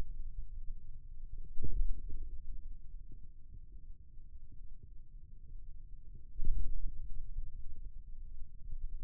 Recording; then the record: forearm muscle sounds (acoustic myography)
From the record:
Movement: ulnar deviation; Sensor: system 2, bracelet of six BSWA MPA416 microphones around the upper forearm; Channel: 2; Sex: male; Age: 22 years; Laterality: right